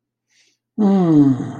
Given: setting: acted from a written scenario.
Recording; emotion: vocal sound without words; contentment